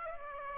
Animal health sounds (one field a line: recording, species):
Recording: mosquito wingbeat signal from an infrared sensor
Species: Aedes aegypti